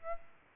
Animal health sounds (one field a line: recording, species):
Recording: mosquito wingbeat signal from an infrared sensor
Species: Aedes aegypti